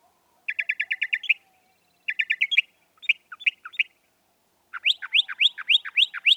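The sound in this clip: Northern mockingbird running through several phrase types, each repeated a few times, finishing with a series of rising whistled notes.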